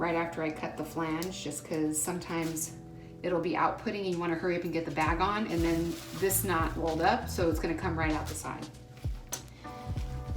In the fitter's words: here I click it and if it doesn't click that means it did not attach properly